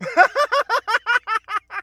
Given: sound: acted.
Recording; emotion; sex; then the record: nonverbal affect burst; happiness; male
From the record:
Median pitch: 466 Hz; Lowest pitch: 179 Hz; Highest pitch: 594 Hz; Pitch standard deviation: 95 Hz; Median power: 64.5 dB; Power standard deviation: 16.7 dB